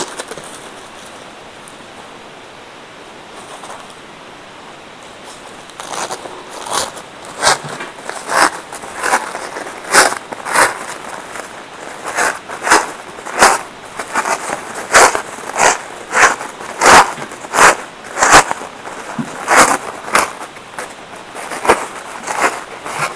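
Paper napkins are folded and twisted into roses. After about five quiet seconds with faint hiss, sharp crinkling and rustling bursts begin and repeat every half second or so, dense and bright, continuing to the end.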